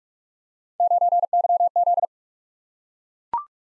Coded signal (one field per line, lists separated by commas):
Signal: Morse code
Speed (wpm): 44 wpm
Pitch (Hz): 700 Hz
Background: none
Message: 9YZ